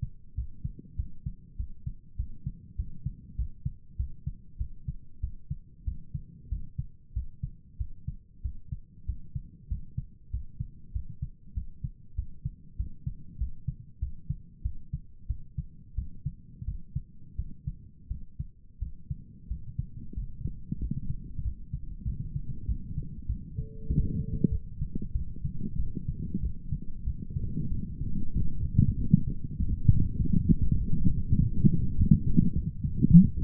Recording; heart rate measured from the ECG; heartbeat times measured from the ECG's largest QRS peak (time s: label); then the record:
heart sounds by stethoscope; 95 bpm
0.34 s: heartbeat
0.96 s: heartbeat
1.56 s: heartbeat
2.16 s: heartbeat
2.76 s: heartbeat
3.35 s: heartbeat
3.96 s: heartbeat
4.57 s: heartbeat
5.20 s: heartbeat
5.84 s: heartbeat
6.48 s: heartbeat
7.13 s: heartbeat
7.77 s: heartbeat
8.41 s: heartbeat
9.05 s: heartbeat
9.68 s: heartbeat
10.30 s: heartbeat
10.92 s: heartbeat
11.54 s: heartbeat
12.15 s: heartbeat
12.76 s: heartbeat
13.37 s: heartbeat
13.99 s: heartbeat
14.62 s: heartbeat
15.27 s: heartbeat
15.95 s: heartbeat
16.65 s: heartbeat
17.36 s: heartbeat
18.08 s: heartbeat
18.79 s: heartbeat
19.47 s: heartbeat
20.14 s: heartbeat
20.79 s: heartbeat
21.42 s: heartbeat
22.04 s: heartbeat
22.66 s: heartbeat
23.26 s: heartbeat
23.87 s: heartbeat
24.49 s: heartbeat
25.13 s: heartbeat
25.76 s: heartbeat
26.40 s: heartbeat
27.04 s: heartbeat
27.69 s: heartbeat
28.33 s: heartbeat
28.96 s: heartbeat
29.57 s: heartbeat
30.18 s: heartbeat
30.78 s: heartbeat
31.37 s: heartbeat
31.96 s: heartbeat
32.54 s: heartbeat
33.11 s: heartbeat
From the record:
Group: healthy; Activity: rest 0-25 s, light exercise 25-34 s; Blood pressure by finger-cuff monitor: 107/78 mmHg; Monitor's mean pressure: 87 mmHg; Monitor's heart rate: 95 bpm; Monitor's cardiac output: 7.4 L/min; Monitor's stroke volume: 77 mL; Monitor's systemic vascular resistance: 860 dyn s/cm5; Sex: male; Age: 19 years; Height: 178 cm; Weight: 83 kg